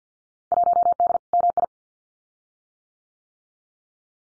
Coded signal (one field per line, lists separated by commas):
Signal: Morse code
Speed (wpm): 50 wpm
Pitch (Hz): 700 Hz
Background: none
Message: 1D MI